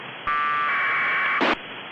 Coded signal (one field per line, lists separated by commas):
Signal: packet radio (AX.25, as in APRS)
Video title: 20 Meter Operations Sat May 9,2020 15:30Z